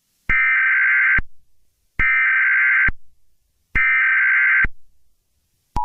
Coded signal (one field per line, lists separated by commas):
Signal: Emergency Alert System (SAME) tones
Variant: header bursts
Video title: EAS scenario death jelly